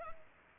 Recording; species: mosquito wingbeat signal from an infrared sensor; Culex pipiens